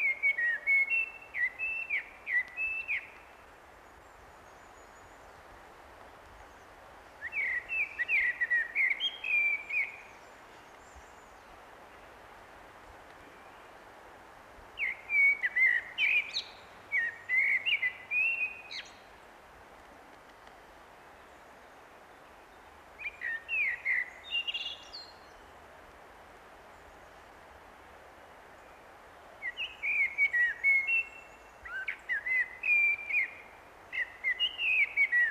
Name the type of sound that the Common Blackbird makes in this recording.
song